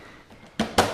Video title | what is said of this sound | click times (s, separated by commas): How To: 2013+ Ninja Zx6R Air Filter Replacement | and push in and it all start to pop in | 0.6 s, 0.8 s